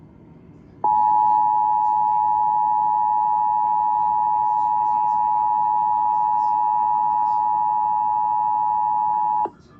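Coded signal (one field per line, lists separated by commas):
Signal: Emergency Alert System (SAME) tones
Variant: 853 and 960 Hz attention tone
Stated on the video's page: Real severe thunderstorm and tornado warnings around Dallas-Fort Worth, received from NOAA Weather Radio on 162.550 and 162.400 MHz plus AM and FM broadcast stations.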